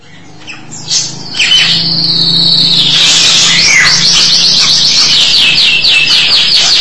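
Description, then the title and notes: Starling song: a long buzzy note gives way to a rapid, even trill of high repeated notes that runs to the end, with a low hum beneath. "suara burung jalak"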